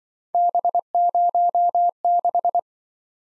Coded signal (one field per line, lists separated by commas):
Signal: Morse code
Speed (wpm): 25 wpm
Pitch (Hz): 700 Hz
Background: none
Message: B06